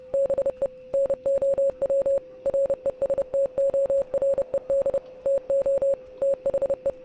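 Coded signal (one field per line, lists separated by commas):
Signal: Morse code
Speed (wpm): 30 wpm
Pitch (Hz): 550 Hz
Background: music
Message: BE NOW RESTORED TO THE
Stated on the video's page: Morse code heard in the game Oxenfree, played on PC.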